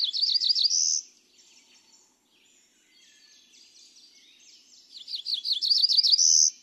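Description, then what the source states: Cerulean Warbler buzzy high song, rapid repeated notes ending in a higher buzz, heard at the start and again at the end, with quieter buzzy notes in between. A 'come hither' song, described as a different regional dialect.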